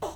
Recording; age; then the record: pig call; piglet (1 to 25 days)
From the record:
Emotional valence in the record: negative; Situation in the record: restrain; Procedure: in the arms of a person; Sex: male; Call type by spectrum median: low-frequency call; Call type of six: low-frequency stable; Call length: 0.16 s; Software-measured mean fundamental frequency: 46 Hz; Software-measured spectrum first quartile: 483 Hz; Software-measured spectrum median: 751 Hz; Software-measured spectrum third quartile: 1403 Hz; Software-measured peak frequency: 414 Hz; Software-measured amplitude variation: 107 dB a second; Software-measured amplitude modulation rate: 9.6 a second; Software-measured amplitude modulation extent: 11.1 dB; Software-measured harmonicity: 1.5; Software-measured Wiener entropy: -0.90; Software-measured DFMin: 1029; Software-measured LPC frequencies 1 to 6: 608, 924, 2996, 3615, 5925, 6428 Hz